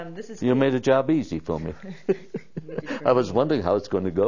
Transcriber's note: laughs